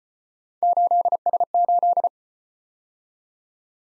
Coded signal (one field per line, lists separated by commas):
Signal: Morse code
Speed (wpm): 34 wpm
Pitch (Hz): 700 Hz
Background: none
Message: 8S8